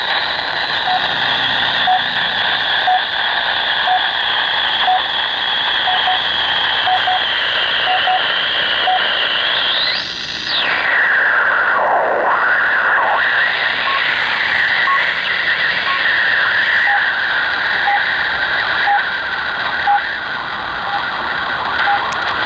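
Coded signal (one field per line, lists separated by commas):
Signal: radio time signal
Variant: RWM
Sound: short beeps about once a second through static, with a sliding whistle mid-clip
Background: radio static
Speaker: so what you're hearing now is uh four I think it's only 4 Kow it's a low power from Moscow these are the time beeps of the Moscow time signal station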